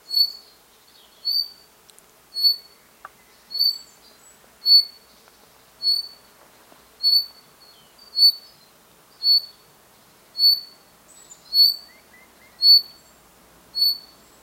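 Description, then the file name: Common chaffinch calling a bright, clipped single note again and again, roughly every second, over a quiet background with a few soft chirps. "Fringilla coelebs"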